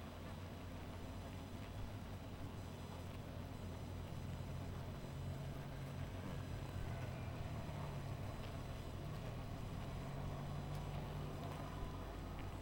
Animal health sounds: honeybee colony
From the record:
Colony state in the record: missing queen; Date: 14 July 2017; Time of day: 1:02

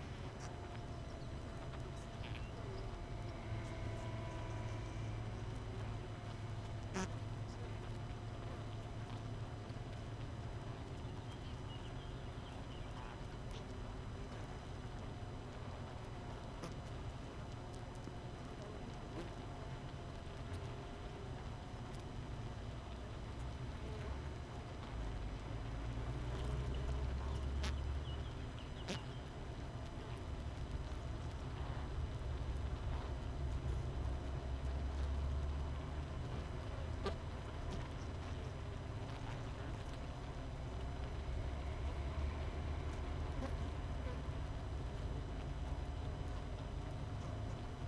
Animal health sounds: honeybee colony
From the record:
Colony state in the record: missing queen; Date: 31 May 2018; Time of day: 5:44

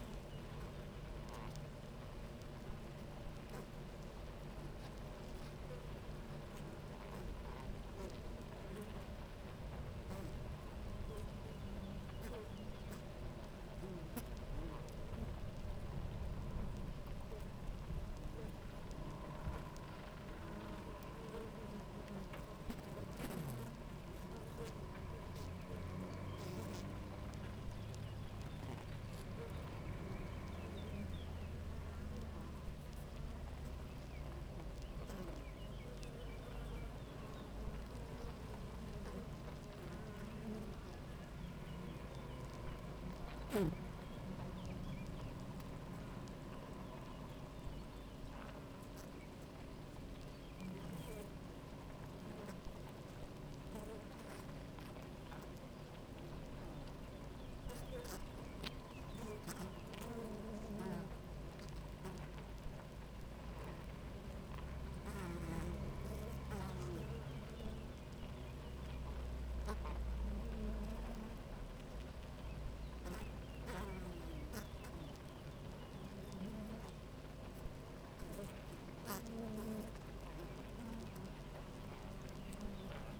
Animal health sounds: honeybee colony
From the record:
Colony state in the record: active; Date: 28 July 2017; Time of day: 9:36

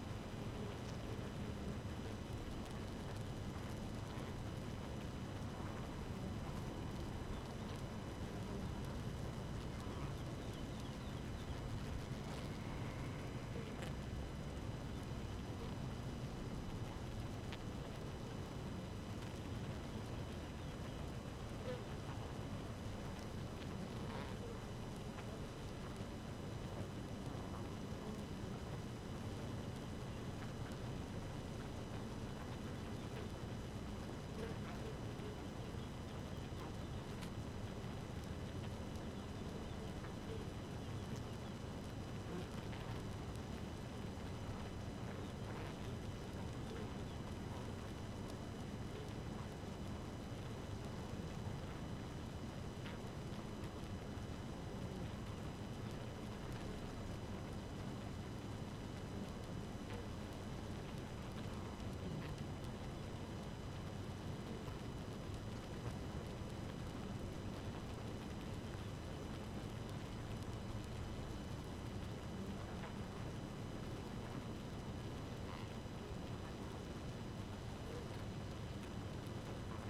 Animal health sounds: honeybee colony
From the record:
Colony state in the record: active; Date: 12 June 2018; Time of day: 5:10

